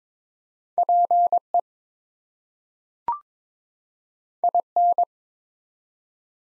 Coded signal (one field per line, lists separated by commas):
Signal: Morse code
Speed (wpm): 22 wpm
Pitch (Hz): 700 Hz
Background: none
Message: PE IN